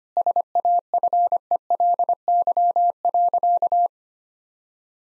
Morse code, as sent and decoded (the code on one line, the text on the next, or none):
... .- ..-. . .-.. -.-- .-.-.-
SAFELY.